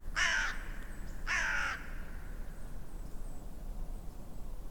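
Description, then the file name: Raven giving two harsh, drawn-out croaking caws about a second apart, then quiet with faint background hiss and low rumble. Calls given while flying. "Raven Crows While Flying"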